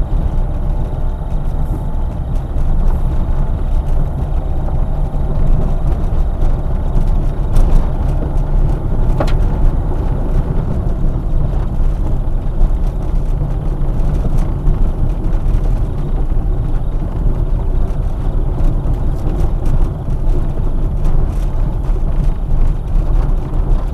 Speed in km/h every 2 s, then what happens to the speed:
17, 17, 15, 17, 19, 17, 18, 17, 19, 18, 18, 22.
0-24 steady at about 17.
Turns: none.